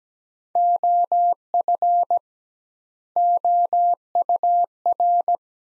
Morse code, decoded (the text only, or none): OF OUR